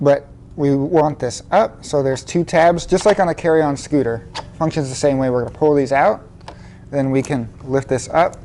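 Someone talks while handling the folding frame of a Golden Buzzaround Carry On power wheelchair (GP 130), pulling out its two tabs to lift the frame section upright. The clip ends before the section locks into the chassis, so nothing has clicked or seated yet.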